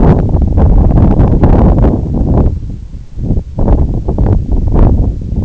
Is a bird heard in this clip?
no